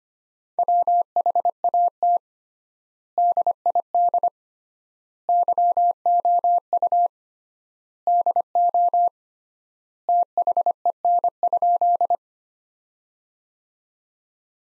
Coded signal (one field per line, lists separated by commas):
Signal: Morse code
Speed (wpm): 25 wpm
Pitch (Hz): 700 Hz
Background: none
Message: WHAT DID YOU DO THEN?